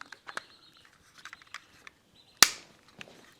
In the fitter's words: Snaps in place.